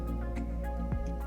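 A crimped metal terminal on a re-sleeved PSU cable is handled against a plastic ATX connector housing while music plays throughout, with a brief louder bump near 0.9 s. Nothing has seated or clicked yet; the terminal is not home in the housing.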